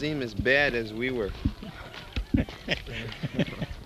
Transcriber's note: laughs